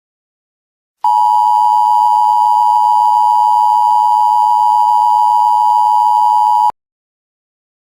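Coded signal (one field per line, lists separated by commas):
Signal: Emergency Alert System (SAME) tones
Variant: 853 and 960 Hz attention tone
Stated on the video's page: Recreated, homemade Emergency Alert System tornado and thunderstorm alert made as a prank, with loud, scary EAS sounds and effects.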